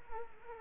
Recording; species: mosquito wingbeat signal from an infrared sensor; Culex quinquefasciatus